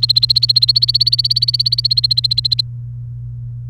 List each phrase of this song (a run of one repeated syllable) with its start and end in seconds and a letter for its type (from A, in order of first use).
0.00-2.61 A